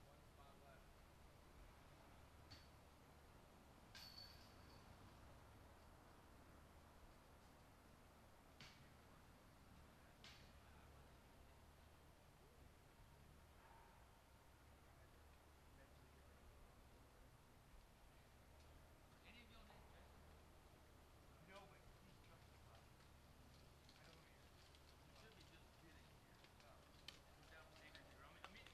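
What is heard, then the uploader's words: Standing in Nevin Park, a steady low rumble and hiss fill the whole half minute at an even level. Faint voices murmur now and then, and brief clicks and taps pop up scattered throughout, with a small cluster near the start and a sharper one near the end. Standing in Nevin Park.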